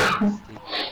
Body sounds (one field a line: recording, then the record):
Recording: coughing mixed with background sound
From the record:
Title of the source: Barking cough - # 10